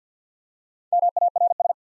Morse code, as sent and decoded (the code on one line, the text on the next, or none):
-- .- .-. ...
MARS